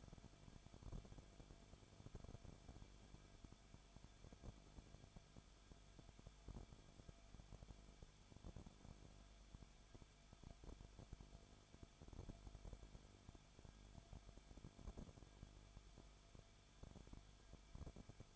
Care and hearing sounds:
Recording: daily activity, microphone in the room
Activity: no activity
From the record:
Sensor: 5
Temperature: 20.4 degrees Celsius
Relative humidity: 39.8%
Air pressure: 1010.8 hPa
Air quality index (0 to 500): 166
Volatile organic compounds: 15 ppm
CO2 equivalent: 2503 ppm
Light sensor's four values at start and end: 2/3/1/1 and 2/3/1/1

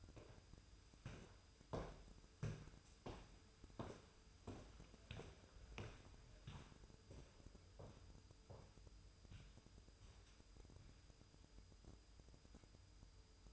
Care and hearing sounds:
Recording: daily activity, microphone in the room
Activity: walk to room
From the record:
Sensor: 2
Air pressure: 988.1 hPa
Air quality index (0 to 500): 179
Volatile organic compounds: 121 ppm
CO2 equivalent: 3882 ppm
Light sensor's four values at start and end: 21/71/28/26 and 21/71/28/26

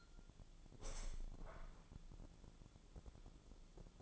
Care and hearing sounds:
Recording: daily activity, microphone in the room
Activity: open window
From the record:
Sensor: 5

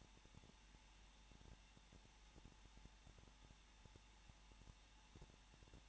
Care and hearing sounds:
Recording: daily activity, microphone in the room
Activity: no activity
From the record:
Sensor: 1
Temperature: 20.1 degrees Celsius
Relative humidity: 39.3%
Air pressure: 1006.4 hPa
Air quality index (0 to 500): 218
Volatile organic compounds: 79 ppm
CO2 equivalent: 3603 ppm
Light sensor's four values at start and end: 1/2/1/1 and 1/2/1/1

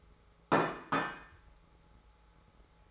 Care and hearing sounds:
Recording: daily activity, microphone in the room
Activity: place plate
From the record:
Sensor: 3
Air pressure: 1015.0 hPa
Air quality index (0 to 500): 208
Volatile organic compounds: 34 ppm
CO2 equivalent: 3034 ppm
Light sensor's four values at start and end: 35/84/37/39 and 35/84/36/39

